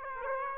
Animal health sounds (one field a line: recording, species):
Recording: mosquito wingbeat signal from an infrared sensor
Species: Aedes aegypti